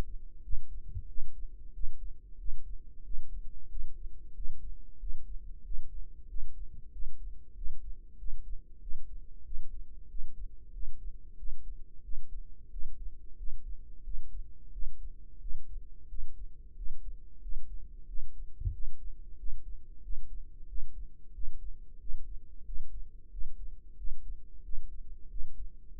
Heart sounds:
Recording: heart sounds by microphone in the right ear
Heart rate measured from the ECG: 92 bpm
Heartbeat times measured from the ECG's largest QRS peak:
0.44 s: heartbeat
1.09 s: heartbeat
1.75 s: heartbeat
2.40 s: heartbeat
3.05 s: heartbeat
3.71 s: heartbeat
4.36 s: heartbeat
5.01 s: heartbeat
5.65 s: heartbeat
6.30 s: heartbeat
6.93 s: heartbeat
7.57 s: heartbeat
8.19 s: heartbeat
8.82 s: heartbeat
9.46 s: heartbeat
10.10 s: heartbeat
10.74 s: heartbeat
11.39 s: heartbeat
12.04 s: heartbeat
12.72 s: heartbeat
13.39 s: heartbeat
14.05 s: heartbeat
14.73 s: heartbeat
15.42 s: heartbeat
16.10 s: heartbeat
16.77 s: heartbeat
17.43 s: heartbeat
18.09 s: heartbeat
18.74 s: heartbeat
19.39 s: heartbeat
20.04 s: heartbeat
20.69 s: heartbeat
21.35 s: heartbeat
22.01 s: heartbeat
22.67 s: heartbeat
23.32 s: heartbeat
23.98 s: heartbeat
24.64 s: heartbeat
25.31 s: heartbeat
25.96 s: heartbeat
From the record:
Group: healthy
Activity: rest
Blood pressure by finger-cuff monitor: 139/76 mmHg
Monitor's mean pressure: 94 mmHg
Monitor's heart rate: 92 bpm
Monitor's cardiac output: 7.7 L/min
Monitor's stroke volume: 83 mL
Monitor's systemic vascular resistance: 900 dyn s/cm5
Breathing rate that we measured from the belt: 20 breaths a minute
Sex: male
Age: 21 years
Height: 175 cm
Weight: 72.6 kg

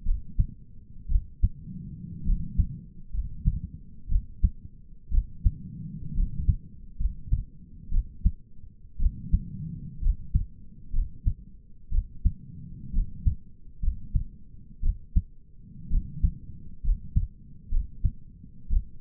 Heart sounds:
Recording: heart sounds by stethoscope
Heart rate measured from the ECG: 61 bpm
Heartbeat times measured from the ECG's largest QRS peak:
0.06 s: heartbeat
1.10 s: heartbeat
2.26 s: heartbeat
3.14 s: heartbeat
4.10 s: heartbeat
5.12 s: heartbeat
6.16 s: heartbeat
7.00 s: heartbeat
7.92 s: heartbeat
9.00 s: heartbeat
10.03 s: heartbeat
10.94 s: heartbeat
11.92 s: heartbeat
12.94 s: heartbeat
13.83 s: heartbeat
14.83 s: heartbeat
15.91 s: heartbeat
16.84 s: heartbeat
17.72 s: heartbeat
18.71 s: heartbeat
From the record:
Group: healthy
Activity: rest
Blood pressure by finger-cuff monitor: 92/58 mmHg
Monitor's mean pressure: 72 mmHg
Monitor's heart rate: 61 bpm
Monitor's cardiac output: 5.5 L/min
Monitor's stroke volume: 89 mL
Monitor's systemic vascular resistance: 930 dyn s/cm5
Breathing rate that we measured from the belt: 17 breaths a minute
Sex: male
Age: 22 years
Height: 181 cm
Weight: 79 kg

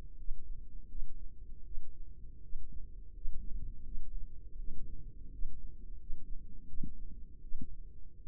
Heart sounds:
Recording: heart sounds by microphone in the left ear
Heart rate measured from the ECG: 82 bpm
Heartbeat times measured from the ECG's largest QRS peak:
0.16 s: heartbeat
0.87 s: heartbeat
1.63 s: heartbeat
2.41 s: heartbeat
3.12 s: heartbeat
3.83 s: heartbeat
4.56 s: heartbeat
5.30 s: heartbeat
5.97 s: heartbeat
6.66 s: heartbeat
7.41 s: heartbeat
8.24 s: heartbeat
From the record:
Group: healthy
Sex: female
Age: 22 years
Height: 163 cm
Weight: 67.1 kg

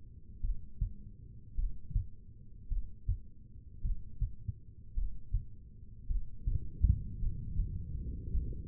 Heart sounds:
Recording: heart sounds by stethoscope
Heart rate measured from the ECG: 53 bpm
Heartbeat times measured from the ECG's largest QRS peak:
0.40 s: heartbeat
1.54 s: heartbeat
2.67 s: heartbeat
3.80 s: heartbeat
4.93 s: heartbeat
6.06 s: heartbeat
7.18 s: heartbeat
8.30 s: heartbeat
From the record:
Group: heart failure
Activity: breath hold 0-6 s, rest 6-9 s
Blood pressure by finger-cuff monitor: 67/51 mmHg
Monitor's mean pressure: 57 mmHg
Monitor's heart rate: 53 bpm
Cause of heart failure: non-ischemic cardiomyopathy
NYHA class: 1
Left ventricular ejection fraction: 52%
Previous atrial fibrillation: present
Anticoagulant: apixaban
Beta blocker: bisoprolol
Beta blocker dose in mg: 10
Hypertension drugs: sacubitril-valsartan, spironolactone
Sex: female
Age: 68 years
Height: 169 cm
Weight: 71 kg

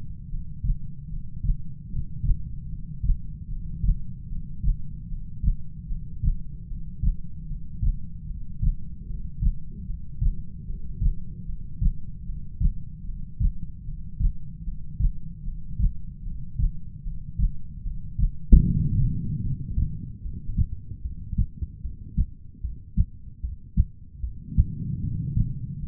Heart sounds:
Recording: heart sounds by stethoscope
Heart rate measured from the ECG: 75 bpm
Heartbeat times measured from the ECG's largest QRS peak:
0.29 s: heartbeat
1.09 s: heartbeat
1.88 s: heartbeat
2.68 s: heartbeat
3.48 s: heartbeat
4.27 s: heartbeat
5.07 s: heartbeat
5.87 s: heartbeat
6.67 s: heartbeat
7.46 s: heartbeat
8.26 s: heartbeat
9.06 s: heartbeat
9.85 s: heartbeat
10.65 s: heartbeat
11.45 s: heartbeat
12.24 s: heartbeat
13.04 s: heartbeat
13.84 s: heartbeat
14.63 s: heartbeat
15.43 s: heartbeat
16.23 s: heartbeat
17.03 s: heartbeat
17.82 s: heartbeat
18.62 s: heartbeat
19.42 s: heartbeat
20.22 s: heartbeat
21.01 s: heartbeat
21.81 s: heartbeat
22.61 s: heartbeat
23.40 s: heartbeat
24.20 s: heartbeat
25.00 s: heartbeat
25.80 s: heartbeat
From the record:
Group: heart failure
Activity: breath hold 0-21 s, rest 21-26 s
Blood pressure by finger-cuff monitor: 101/69 mmHg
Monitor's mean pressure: 82 mmHg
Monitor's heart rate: 75 bpm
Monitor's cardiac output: 4.7 L/min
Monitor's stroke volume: 62 mL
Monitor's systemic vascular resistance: 1260 dyn s/cm5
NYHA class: 2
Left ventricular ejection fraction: 58%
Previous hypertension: present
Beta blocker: bisoprolol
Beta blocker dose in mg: 5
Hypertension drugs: ramipril, spironolactone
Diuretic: furosemide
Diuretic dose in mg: 160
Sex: female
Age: 55 years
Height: 155 cm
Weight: 67 kg

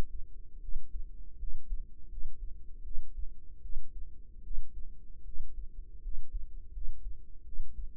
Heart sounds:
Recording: heart sounds by microphone in the right ear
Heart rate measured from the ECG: 79 bpm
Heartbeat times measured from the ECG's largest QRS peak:
0.59 s: heartbeat
1.37 s: heartbeat
2.08 s: heartbeat
2.82 s: heartbeat
3.60 s: heartbeat
4.42 s: heartbeat
5.23 s: heartbeat
6.00 s: heartbeat
6.71 s: heartbeat
7.43 s: heartbeat
From the record:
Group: healthy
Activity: rest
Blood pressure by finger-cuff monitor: 94/60 mmHg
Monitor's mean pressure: 70 mmHg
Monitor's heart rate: 77 bpm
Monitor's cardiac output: 6.2 L/min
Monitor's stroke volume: 80 mL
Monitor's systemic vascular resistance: 800 dyn s/cm5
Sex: female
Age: 19 years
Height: 163 cm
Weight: 48.9 kg

